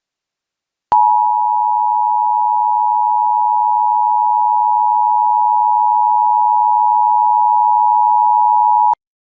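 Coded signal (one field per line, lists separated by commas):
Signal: Emergency Alert System (SAME) tones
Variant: 853 and 960 Hz attention tone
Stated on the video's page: Fictional EAS scenario with valid tones, a work of fiction.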